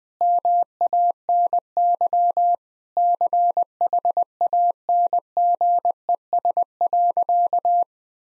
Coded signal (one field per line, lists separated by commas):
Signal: Morse code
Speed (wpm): 21 wpm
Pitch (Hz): 700 Hz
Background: none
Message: MANY CHANGES.